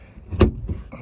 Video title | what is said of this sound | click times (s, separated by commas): Changing Latch on Ford Escape | see it snapped right in there so we are all ready to go | 0.4 s